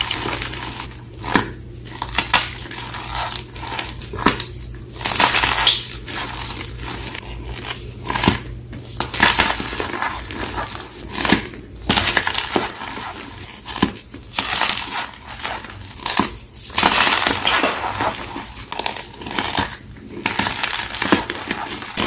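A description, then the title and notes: Gym chalk is crushed and mixed into a paste in a steel bowl, with crisp, gritty crunches and crackles arriving every second or two. Bright scraping bursts alternate with brief quieter pauses, over a faint low hum throughout. Crushing gym chalk into Pinesol. Mixing the paste, and reforming into crispy dusty reformed gym chalk shapes.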